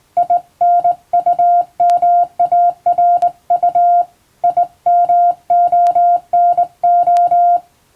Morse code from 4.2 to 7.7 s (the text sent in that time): IMONO